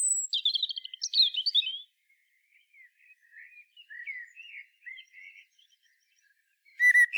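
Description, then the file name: Common blackbird song: a high, squeaky twittering flourish, then soft, quiet warbled notes around mid pitch, and a sudden loud phrase at the very end. "Turdus merula"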